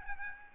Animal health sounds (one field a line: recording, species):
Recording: mosquito wingbeat signal from an infrared sensor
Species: Aedes albopictus